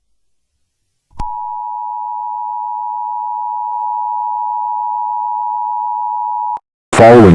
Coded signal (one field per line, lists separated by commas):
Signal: Emergency Alert System (SAME) tones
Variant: 853 and 960 Hz attention tone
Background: speech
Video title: EAS Mock: The Red Dawn (entertainment purposes only)